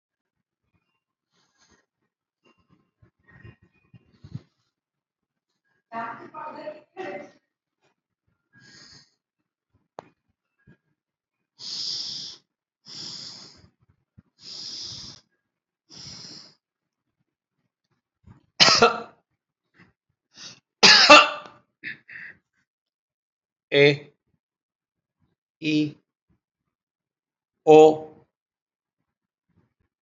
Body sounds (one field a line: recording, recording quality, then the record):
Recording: shallow breathing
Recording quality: moderate, slight background noise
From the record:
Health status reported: healthy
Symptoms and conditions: none ticked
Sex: male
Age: 63 years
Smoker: not ticked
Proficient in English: yes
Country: India